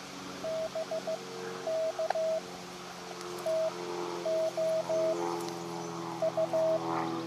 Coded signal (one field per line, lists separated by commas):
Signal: Morse code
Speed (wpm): 15 wpm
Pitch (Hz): 640 Hz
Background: none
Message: BK TO U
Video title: Live Portable QRP Today! Elecraft KX2 Random Wire Antenna